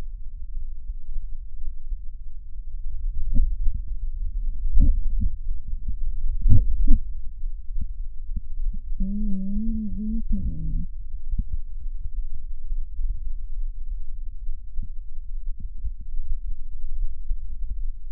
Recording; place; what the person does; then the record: lung sounds by stethoscope; right anterior apical chest; quiet breathing, then cough and speech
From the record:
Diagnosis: asthma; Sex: female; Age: 74 years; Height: 155 cm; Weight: 63 kg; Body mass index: 26.2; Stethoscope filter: bell mode